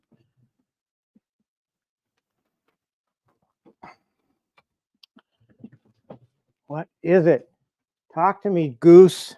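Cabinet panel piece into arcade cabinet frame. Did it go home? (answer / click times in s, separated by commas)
no / none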